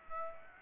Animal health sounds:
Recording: mosquito wingbeat signal from an infrared sensor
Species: Aedes aegypti

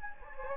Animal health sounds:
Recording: mosquito wingbeat signal from an infrared sensor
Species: Anopheles gambiae

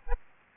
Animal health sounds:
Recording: mosquito wingbeat signal from an infrared sensor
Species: Aedes aegypti

